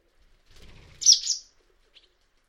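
Bird call: one brief, high, scratchy double chirp lasting under half a second, preceded by faint low rustling and followed by a tiny soft note.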